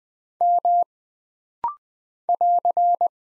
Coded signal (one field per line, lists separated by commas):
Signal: Morse code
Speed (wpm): 20 wpm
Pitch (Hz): 700 Hz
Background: none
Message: M <AR>